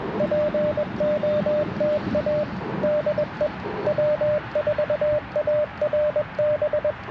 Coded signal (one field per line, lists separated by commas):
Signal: Morse code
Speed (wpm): 21 wpm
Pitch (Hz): 600 Hz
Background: radio noise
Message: POTA DE W4ARB